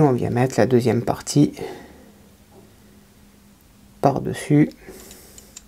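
Someone talks while the second half of a plastic part is brought over its first half on a 1/8 scale Citroën 2CV AZLP model kit, to be clipped on and then fixed with screws. Two faint light ticks are heard at about 5.4 s and 5.6 s as the part is handled, but nothing has seated or clicked into place yet.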